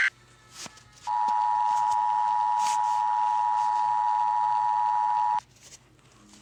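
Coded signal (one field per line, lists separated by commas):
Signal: Emergency Alert System (SAME) tones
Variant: 853 and 960 Hz attention tone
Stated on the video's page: Fictional EAS scenario.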